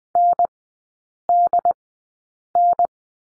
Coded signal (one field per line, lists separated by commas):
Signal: Morse code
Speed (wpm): 20 wpm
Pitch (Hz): 700 Hz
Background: none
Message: NDN